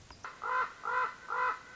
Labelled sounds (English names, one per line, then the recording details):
Common Raven
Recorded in Sonoma County, California